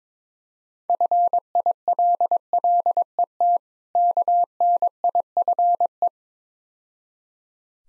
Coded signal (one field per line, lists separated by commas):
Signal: Morse code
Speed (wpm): 22 wpm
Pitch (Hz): 700 Hz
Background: none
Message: FILLET KNIFE